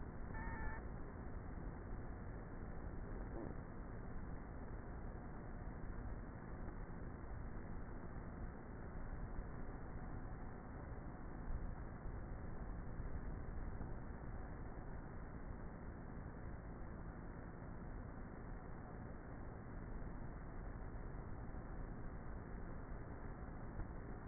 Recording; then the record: honeybee colony, microphone inside the hive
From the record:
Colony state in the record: queenless with a low population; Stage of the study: before two queens were removed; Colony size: about 30,000 bees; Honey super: no